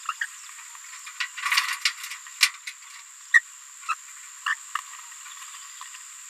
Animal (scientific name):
Forpus passerinus